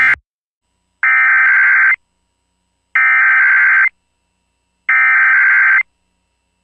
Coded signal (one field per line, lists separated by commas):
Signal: Emergency Alert System (SAME) tones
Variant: header bursts